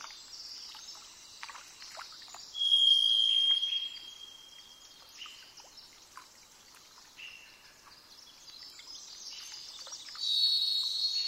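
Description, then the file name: Varied thrush giving two long ringing whistles, the second higher and arriving several seconds after the first, with steady hiss and light ticking sounds behind. "jh-040427-variedthrush"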